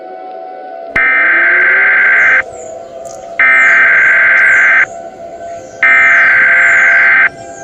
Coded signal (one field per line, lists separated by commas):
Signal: Emergency Alert System (SAME) tones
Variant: header bursts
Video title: EAS Scenario : Liberty City Zombie Attack